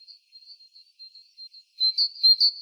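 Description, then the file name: Great tit call series: quiet, thin high notes building into a louder run of rapid sharp calls in the final second. "Parus major"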